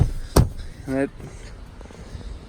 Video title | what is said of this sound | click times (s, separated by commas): NEW 2019 Chevrolet Tahoe LT: Review and Walkaround | You can just push this back down. You'll hear it latch back in, and then push this up, | 0.4 s